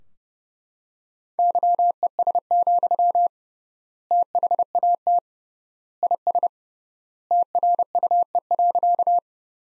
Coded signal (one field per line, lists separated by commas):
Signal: Morse code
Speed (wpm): 29 wpm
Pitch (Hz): 700 Hz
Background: none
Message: YES, THAT IS TRUE.